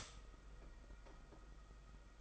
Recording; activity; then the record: daily activity, microphone in the room; stop toaster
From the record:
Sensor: 5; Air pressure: 991.8 hPa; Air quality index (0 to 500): 165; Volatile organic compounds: 382 ppm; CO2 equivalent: 4641 ppm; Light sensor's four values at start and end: 32/108/40/43 and 32/108/40/43